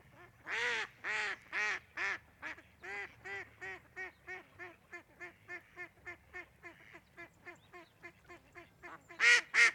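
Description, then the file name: Ducks quacking in a long series: loud harsh quacks at first, then softer ones at about three per second, ending with two loud bursts. Recorded at Andernos in 2014. "Canards andernos 2014"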